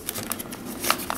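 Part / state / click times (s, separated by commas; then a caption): plastic torso piece into action figure body sockets / not seated / none. A plastic torso piece is handled against an action figure's build-a-figure body as it is readied to snap its joints into the sockets. There are soft shuffling and tapping handling sounds with a brief sharp tick near 0.9 seconds. Nothing has seated or clicked yet.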